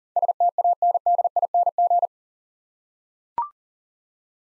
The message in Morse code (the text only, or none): STANDING